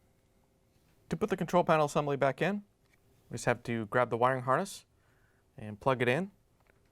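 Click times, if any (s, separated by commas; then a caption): none. A plastic wiring harness connector is being handled for plugging into the control panel of a Samsung dispenser assembly (DA97-07361T), a connector that fits only one way and snaps into place. Someone talks through most of the clip, with a faint short tick near the end at 6.7 s. Nothing has seated or clicked yet.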